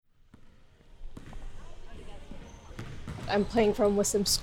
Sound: sound of playing basketball in a gym